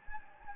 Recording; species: mosquito wingbeat signal from an infrared sensor; Anopheles gambiae